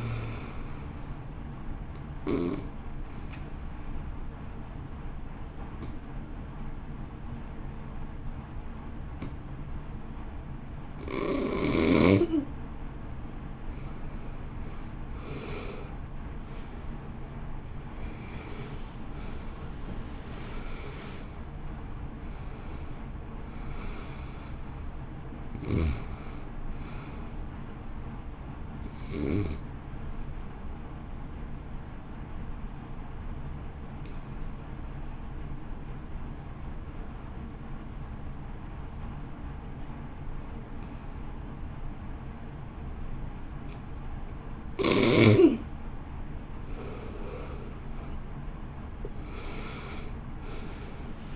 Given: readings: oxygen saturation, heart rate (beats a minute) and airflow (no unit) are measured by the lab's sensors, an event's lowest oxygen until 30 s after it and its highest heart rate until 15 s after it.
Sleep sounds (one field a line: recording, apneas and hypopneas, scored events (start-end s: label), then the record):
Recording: breathing in sleep by a smartphone at the bedside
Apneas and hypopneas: 2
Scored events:
1.00-51.36 s: new sleep stage, N2 (light sleep)
4.00-18.50 s: hypopnea (N2, oxygen 94% highest, then 85% lowest, heart rate 56 at the start, 66 highest)
34.00-45.30 s: obstructive apnea (N2, oxygen 94% highest, then 75% lowest, heart rate 51 at the start, 66 highest)
From the record:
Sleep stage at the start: N1 (lightest sleep)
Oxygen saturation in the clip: 85 to 94%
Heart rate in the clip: 51 to 66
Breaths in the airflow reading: 13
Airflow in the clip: -3.5 to 3.3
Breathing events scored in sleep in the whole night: 328 in 6.3 hours asleep